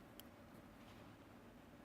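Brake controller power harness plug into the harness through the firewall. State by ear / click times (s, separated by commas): seated / 0.2 s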